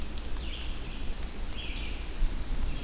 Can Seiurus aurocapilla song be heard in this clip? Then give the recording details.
no. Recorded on 24 June 2016 at 05:52. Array SBT-6-76